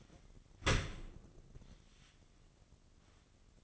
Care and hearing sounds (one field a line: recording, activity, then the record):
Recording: daily activity, microphone in the room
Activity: open dishwasher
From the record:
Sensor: 4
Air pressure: 1013.2 hPa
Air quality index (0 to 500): 178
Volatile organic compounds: 2 ppm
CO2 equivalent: 1119 ppm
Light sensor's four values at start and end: 86/214/89/92 and 86/213/89/92